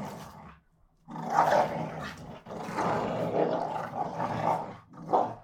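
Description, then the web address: Pit bull: deep roaring growls, one short gap, then a long sustained rough snarl that swells and dips before a final burst. Two pit bulls fighting each other. "NS Studios - ultra sound collection animals dogs - Pit bull Tessa Pit bull Bahko"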